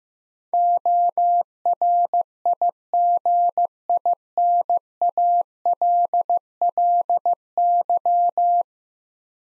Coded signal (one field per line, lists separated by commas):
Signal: Morse code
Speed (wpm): 15 wpm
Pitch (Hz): 700 Hz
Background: none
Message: ORIGINALLY